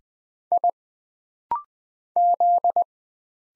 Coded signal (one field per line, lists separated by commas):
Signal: Morse code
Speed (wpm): 20 wpm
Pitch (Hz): 700 Hz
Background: none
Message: I Z